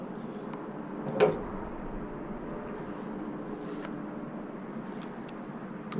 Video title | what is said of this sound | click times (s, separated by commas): Knife King Model 1 - budget Randall replica | was right over the guard and snaps into place and it's | 5.9 s